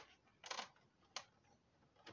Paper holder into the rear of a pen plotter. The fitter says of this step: этот держатель мы вставляем до щелчка так